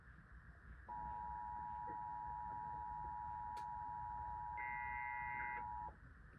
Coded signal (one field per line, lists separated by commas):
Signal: Emergency Alert System (SAME) tones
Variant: 853 and 960 Hz attention tone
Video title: EAS 5983-5986: KDKA EAS TEST FROM 07/28/24